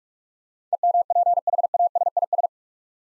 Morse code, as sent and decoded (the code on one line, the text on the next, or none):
. -- .--. .... .- ... .. ...
EMPHASIS